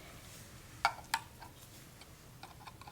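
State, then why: Seated. A 9-volt battery is fitted into the battery holder or snap connector of a neuroscience kit. Two sharp, fast-fading clicks at 0.9 s and 1.1 s mark the battery snapping into place, followed by a few fainter ticks near the end. The battery is seated.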